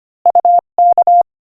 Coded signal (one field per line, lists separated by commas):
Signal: Morse code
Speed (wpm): 24 wpm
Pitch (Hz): 700 Hz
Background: none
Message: UK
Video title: Morse Code Practice: 25 wpm Joke #5